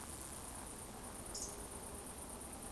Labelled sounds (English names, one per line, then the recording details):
Eurasian Woodcock whistle
Eurasian Woodcock croak
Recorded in Baden-Württemberg, Germany, on 25 June 2020 at 20:34 UTC
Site 14569, 102 m above sea level